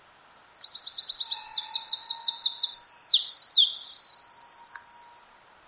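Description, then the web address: Bird calling in a fast series of high, sharp chirps that run into rapid buzzy trills, lasting about five seconds. "Deverinetal 2025 File origin Bird Only"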